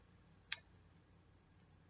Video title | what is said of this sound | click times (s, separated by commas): Where To Find Markings - Silver and Gold Clasps Bracelet and Necklaces | can hear it snap and | 0.5 s